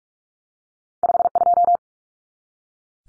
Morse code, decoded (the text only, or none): 52